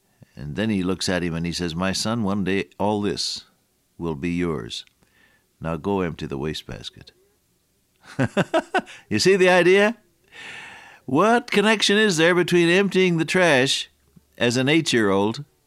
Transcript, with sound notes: and then he looks at him and he says, “My son, one day all this will be yours. Now go empty the waste basket.” [laughter] You see the idea? What connection is there between emptying the trash as an eight-year-old,